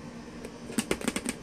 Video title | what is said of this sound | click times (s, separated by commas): Bluetooth stereo installed in vintage Santa Fe travel trailer. | Alright, and it should click in and lock just like that. | 0.8 s, 0.9 s, 1.1 s, 1.2 s, 1.3 s